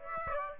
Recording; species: mosquito wingbeat signal from an infrared sensor; Aedes aegypti